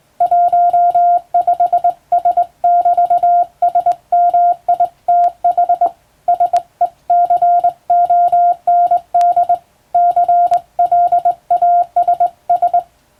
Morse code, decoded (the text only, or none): 15S<BT>SMITH SECOND CLASS